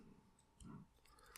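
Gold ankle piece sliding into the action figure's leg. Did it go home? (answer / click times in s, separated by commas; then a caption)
no / none. A plastic gold ankle piece on the second leg of a Transformers Masterpiece MP-41 Dinobot action figure is handled and moved forward, repeating the first leg's step. A few brief light clicks and rustles are heard, with a low thud around 0.6 s. Nothing has seated or clicked into place yet.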